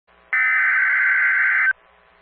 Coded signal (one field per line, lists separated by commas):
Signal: Emergency Alert System (SAME) tones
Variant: header bursts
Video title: EAS PDS Flash Flood Emergency All of New York City (Hurricane Ida) NOAA Weather Radio KWO35